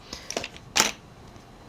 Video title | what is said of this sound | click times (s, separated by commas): Unboxing & First Look - Ruko U11 GPS Drone - HLModTech Flies | but if you squeeze and push it in, it locks into place and your battery is completely attached. | 0.8 s